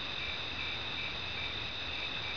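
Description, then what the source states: Crickets giving a continuous high-pitched trill, steady and unbroken throughout, over a dense background hiss. Crickets from an island.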